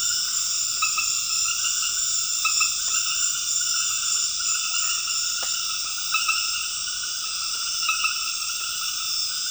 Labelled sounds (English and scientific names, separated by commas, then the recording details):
none
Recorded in dense forest near Puerto Asís, Putumayo, Colombia, on 12 March 2025 at 20:00
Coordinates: 0.484, -76.325
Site G045